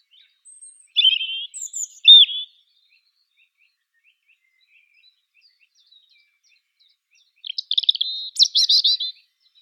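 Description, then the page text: European robin delivers short trilled phrases, then after a pause a longer rapid series of high, sparkling, jingling notes. "Птицы-целители - Зарянка (Erithacus rubecula)"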